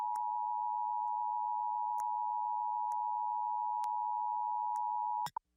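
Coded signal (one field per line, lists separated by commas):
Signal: Emergency Alert System (SAME) tones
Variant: 853 and 960 Hz attention tone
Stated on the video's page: Tornado warning SAME tones, personally recorded off air from a broadcast station's Emergency Alert System relay.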